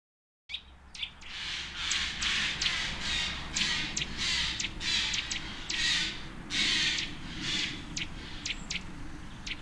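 Birds chirping in a busy chorus, sharp high chirps and buzzy bursts overlapping continuously, with a steady low hum beneath.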